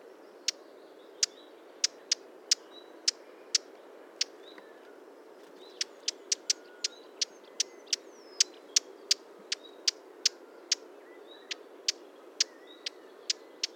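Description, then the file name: Eurasian blackcap calls: many sharp, dry tacking clicks, irregularly spaced with a short pause midway, over a steady background hiss. "Sylvia atricapilla"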